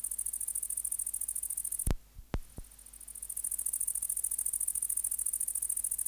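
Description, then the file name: Great green bush-cricket song, a high pulsed buzz that drops out briefly amid three thumping knocks, then resumes steadily. "Tettigonia viridissima"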